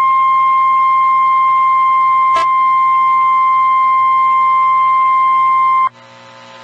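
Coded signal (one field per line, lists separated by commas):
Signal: Emergency Alert System (SAME) tones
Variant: 1050 Hz attention tone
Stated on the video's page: NOAA Weather Radio alert tones from statewide tornado drills in Illinois and Kentucky, issued by several NWS offices.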